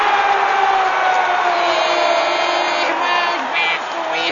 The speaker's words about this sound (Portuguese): E numa fantástica coreografia, as 10 milhões de pessoas presentes batem palmas e dão petelecos nas orelhas umas das outras.